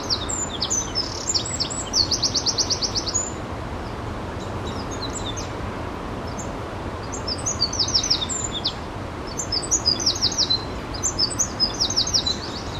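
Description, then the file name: Eurasian wren bursting into a fast, shrill trill for about three seconds, a quiet pause with faint high notes, then another vigorous stretch of rapid chattering trills and chips. "Troglodytes troglodytes"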